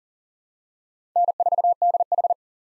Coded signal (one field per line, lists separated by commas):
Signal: Morse code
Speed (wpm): 40 wpm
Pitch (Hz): 700 Hz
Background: none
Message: N4DH